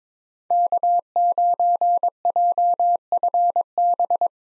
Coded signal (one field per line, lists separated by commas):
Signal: Morse code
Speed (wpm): 21 wpm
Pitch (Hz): 700 Hz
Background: none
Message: K9JFB